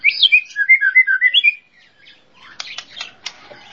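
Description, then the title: Bird song: a fast warbling run of bright notes, then a pause and scratchy, rattling clicks. Described as a complete 'masteran' birdsong compilation. "Kicau Burung Masteran Lengkap"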